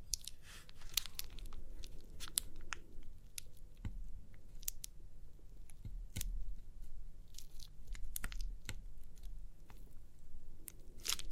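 Crinkly pimple popping: a steady run of sharp crackles and crinkling snaps, irregular but dense, a few every second across the whole stretch. Bright clicky pops stand out near four, six and eight seconds over a constant low rumble underneath.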